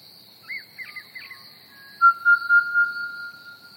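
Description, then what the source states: Pied Butcherbird song: short warbled whistles, then a loud, pure sustained whistle pulsing four times, with a steady high cricket chorus behind. Recorded together with chirping crickets.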